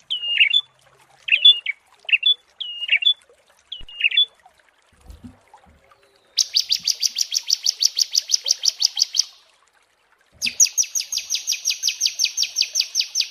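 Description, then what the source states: Prinia song: short, sharp, twangy two-part notes repeated at intervals, then two sustained, rapid, buzzy pulsing trills. Prinia song for bird training (masteran) and therapy.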